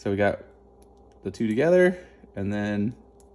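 Two halves of a plastic snap fastener attached to a duvet cover and insert are being handled and brought together while someone talks. Nothing has seated or clicked yet.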